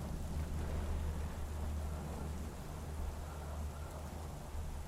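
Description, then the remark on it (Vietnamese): Steady rain hisses without pause over a deep, continuous rumble of thunder that rolls on for several seconds, as lightning strikes down onto the roof of an abandoned house. The sound stays fairly even in loudness throughout, with no voices. “Một tiếng gào thét xé toạc không gian, nó hòa cùng với tiếng sấm tạo nên một âm thanh ghê rợn, làm hoang mang cả một vùng.”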